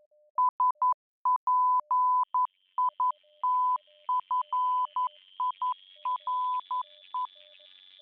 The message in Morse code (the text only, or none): SPITFIRE